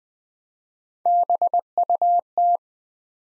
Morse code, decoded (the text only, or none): BUT